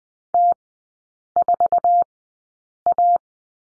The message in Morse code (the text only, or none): T 4 A